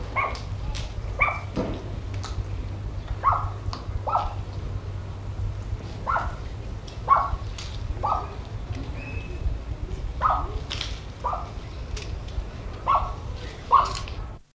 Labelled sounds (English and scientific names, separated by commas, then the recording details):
Himalayan Snowcock (Tetraogallus himalayensis) call
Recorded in captivity
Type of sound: call
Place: Zoo Köln, Nordrhein-Westfalen, DE
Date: 1972-02-22
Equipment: Halbspur, 9,5 cm/s
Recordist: Lütgens, Hans
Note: Gefüttert